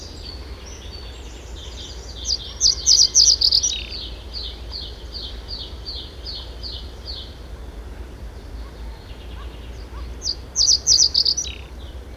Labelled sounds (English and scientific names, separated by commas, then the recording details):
Reed Bunting (Emberiza schoeniclus) song
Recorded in the wild
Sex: male
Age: adult
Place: Wegle-Zukowo, Warminsko-Mazurskie, PL
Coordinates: 54.1, 19.45
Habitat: lake
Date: 1966-05-12
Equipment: Nagra III BH
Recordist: Schubert, Michael
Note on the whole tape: Jezioro Druzno (Drausen See) bei Wegle-Zukowo. Gesang